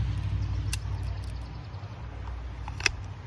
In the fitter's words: hear the click.